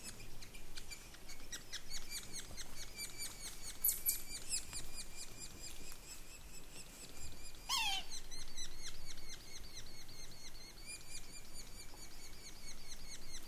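Sapsucker calls, quick repeated nasal downward notes in a long run, with a brief sharp falling sweep near the middle and low background noise throughout.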